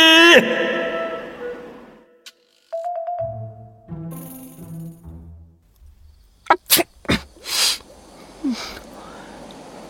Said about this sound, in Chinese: 山顶上，展昭蹲在一个池子边，伸手测水温，突然仰脸一个喷嚏，他直揉鼻子。